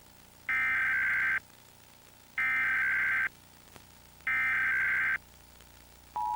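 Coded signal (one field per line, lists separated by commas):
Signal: Emergency Alert System (SAME) tones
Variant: header bursts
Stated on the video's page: EAS tests aired on Nickelodeon, recorded from a VHS tape, VHS quality.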